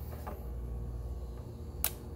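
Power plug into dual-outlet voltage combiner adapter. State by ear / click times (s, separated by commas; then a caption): seated / 1.8 s. A power cord plug is pushed into a dual-outlet 240 V voltage combiner adapter unit, with a low steady hum in the background. A single sharp click comes at 1.8 s, possibly from the unit's internal relay rather than the plug itself, as the adapter's indicator light turns orange, showing the plug is seated and the unit is ready.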